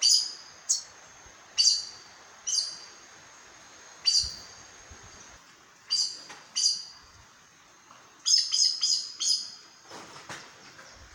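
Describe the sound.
Aracari calls: sharp, high, squeaky notes given singly or in quick clusters at irregular intervals, with a rapid burst of several notes near the end.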